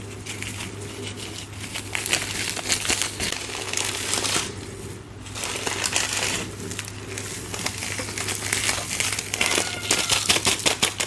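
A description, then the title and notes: Chalk bombs packed with salt are squeezed and crushed, a dense crinkling crunch with brief pauses near five and seven seconds, over a low steady hum. Crushing gym chalk bombs filled with epsom salt and crispy reforms.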